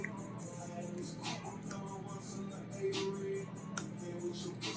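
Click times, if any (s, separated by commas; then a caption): 3.8 s. A custom removable dental veneer is pressed onto natural teeth over a steady background of music, and it snaps into place with a small, sharp snap at 3.8 seconds. The veneer is seated.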